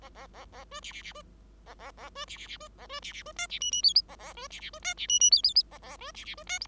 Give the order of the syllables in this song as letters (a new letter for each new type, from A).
A A A A B C C C B A A A B C C C B A B C C B D C E E F A A B C C B D C E E F F A A B C C B D G